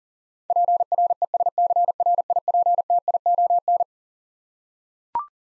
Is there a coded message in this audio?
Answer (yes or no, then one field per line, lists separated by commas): yes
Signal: Morse code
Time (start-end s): 0.5-3.8 s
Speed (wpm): 40 wpm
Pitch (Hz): 700 Hz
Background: none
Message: PRESCRIPTION